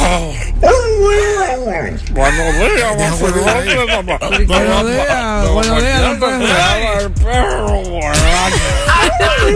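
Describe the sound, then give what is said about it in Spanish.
A dog whimpers and moans in a long, continuous string of wavering, rising and falling cries, loud and insistent, with brief breaks between the whining sweeps. “Pero mira, aquí tenemos un audio del perro.”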